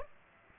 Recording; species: mosquito wingbeat signal from an infrared sensor; Aedes aegypti